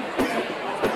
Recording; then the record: coughing mixed with background sound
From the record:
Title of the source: Coughing 77